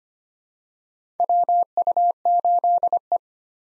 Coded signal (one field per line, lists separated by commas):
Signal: Morse code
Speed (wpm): 25 wpm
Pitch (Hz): 700 Hz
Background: none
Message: WU8E